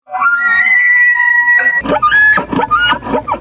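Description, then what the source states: Elk bugle: a clear whistled note rising then held high for over a second, followed by a string of rough, gulping grunts and squeals. Bugle of a young elk.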